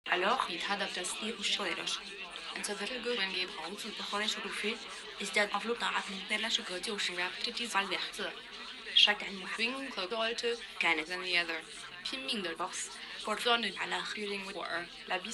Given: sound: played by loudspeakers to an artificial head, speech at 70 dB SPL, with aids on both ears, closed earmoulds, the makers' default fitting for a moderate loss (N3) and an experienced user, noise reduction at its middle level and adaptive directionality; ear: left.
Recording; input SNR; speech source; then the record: speech test signal (ISTS) in cocktail-party noise; +6 dB; in front (0 degrees)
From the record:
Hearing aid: class 1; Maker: E